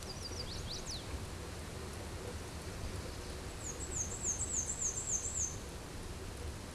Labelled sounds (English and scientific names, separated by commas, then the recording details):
Black-and-white Warbler (Mniotilta varia) song
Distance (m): 20 m
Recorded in a Pennsylvania forest on 17 May 2023 at 14:15
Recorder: AudioMoth, point grid1_20_low
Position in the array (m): 47 m, 219 m